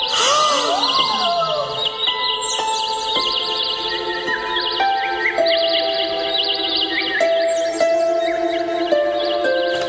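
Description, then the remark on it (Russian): Bright-blue birds fluttering all around a moonlit garden chirp and twitter in a busy, high-pitched chorus throughout, with steady bell-like tones ringing underneath at a fairly constant loudness. No one speaks. “Свет луны освещал все вокруг, и птицы, дивные, ярко-синие птицы, порхали повсюду.”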